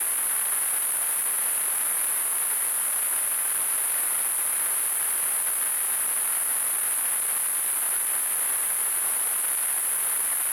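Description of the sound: A steady, very high-pitched hissing whine, with a softer wash of static beneath, runs unchanged for about ten seconds. It is a simulation of tinnitus, the ringing or hissing perceived in the ears without any outside sound source.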